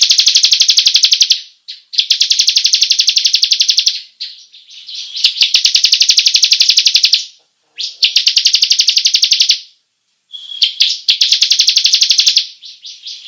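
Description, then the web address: Bar-winged prinia singing long rolling trills, rapid high buzzy pulses in bursts of one to three seconds, separated by short pauses, with a few brief softer notes between. Long rolling song style called ngerol panjang. "ciblek suara-burung-ciblek-ngerol-panjang"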